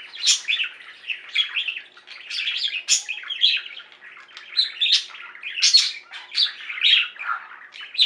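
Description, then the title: Budgerigar twittering chatter, jumbled clicks, squeaks and short harsh notes, with louder squawky peaks scattered irregularly through the stream. "Budgie Sounds"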